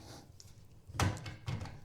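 The angle adjustment lock on a recumbent stepper frame is moved until the locking mechanism catches. A loud, knock-like click sounds at 1.0 s, followed by softer thuds. The latch seats in position.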